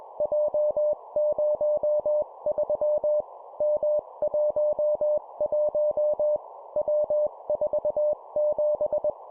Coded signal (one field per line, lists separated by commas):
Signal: Morse code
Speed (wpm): 21 wpm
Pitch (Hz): 600 Hz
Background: none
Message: J03 M11 W47